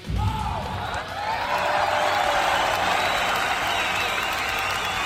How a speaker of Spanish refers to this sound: Un aplauso para los jugadores del Atleti.